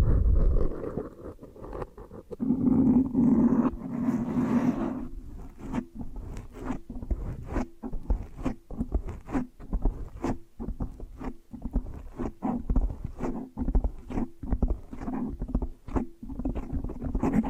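Hair washing and brushing: quick, regular brush strokes sound as dense, short scratchy sweeps that continue steadily from about six seconds to the end. Earlier, a wetter rubbing passage runs from roughly two to five seconds, with a low, steady hum underneath throughout.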